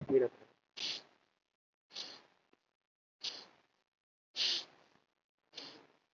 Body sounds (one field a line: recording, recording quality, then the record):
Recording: deep breathing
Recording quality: excellent, no background noise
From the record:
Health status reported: COVID-19 positive, mild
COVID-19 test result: positive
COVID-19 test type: RT-PCR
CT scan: not taken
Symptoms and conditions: none ticked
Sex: male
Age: 33 years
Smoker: no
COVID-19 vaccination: one dose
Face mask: not worn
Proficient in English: yes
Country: India